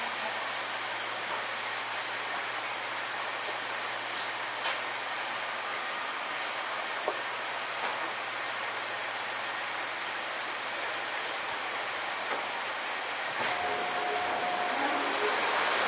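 A steady roar inside a Seibu 6000 series train in motion, with a low hum, scattered faint clicks, and a thin whine appearing near the end.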